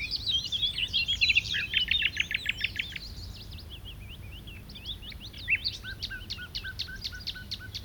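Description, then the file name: Common nightingale delivering a loud, tumbling series of scratchy, chattering notes, then quieter scattered chirps and a row of sharp ticks later, against a low rumble. "Luscinia megarhynchos"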